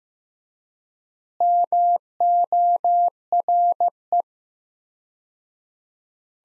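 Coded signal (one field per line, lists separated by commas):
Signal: Morse code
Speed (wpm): 15 wpm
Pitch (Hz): 700 Hz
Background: none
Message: MORE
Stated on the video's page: Morse practice at 15 wpm, sentences from top 100 words sent with 4x word spacing, a Farnsworth-like method for head-copying.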